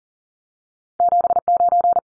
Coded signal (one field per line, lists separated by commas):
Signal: Morse code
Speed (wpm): 40 wpm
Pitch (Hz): 700 Hz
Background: none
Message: 79